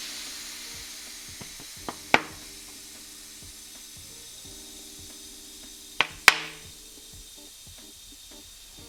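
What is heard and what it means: A tubeless bicycle tyre is inflated with a blast of air against a steady hiss, and its rubber bead snaps onto the bead seat of the wheel rim with loud pops at 2.1, 6.0 and 6.3 seconds. A fainter tick comes just before the first pop, and the tyre ends up seated on the rim.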